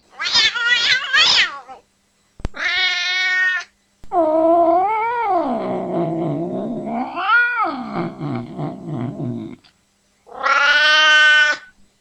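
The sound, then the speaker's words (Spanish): An angry cat yowls in several long, wavering cries with rising and falling pitch, the middle one drawn out into a low, growling moan, with brief silent gaps between them. “Gato enojado.”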